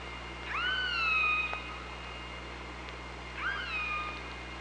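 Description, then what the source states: Killer whale calls, two similar harmonic calls about three seconds apart, each rising sharply then levelling into a long steady tone, with scattered faint clicks and background hiss. Recorded on the OrcaLab hydrophone, 24 August 2017, around 05:45.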